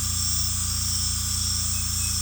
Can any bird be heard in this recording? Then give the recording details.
no. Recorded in secondary vegetation near Puerto Asís, Putumayo, Colombia, on 18 December 2024 at 20:00. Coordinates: 0.485, -76.322. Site GP08